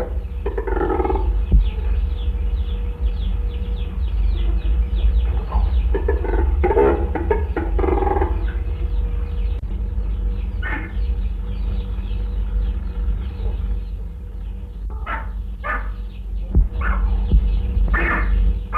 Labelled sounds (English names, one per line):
Lesser Flamingo call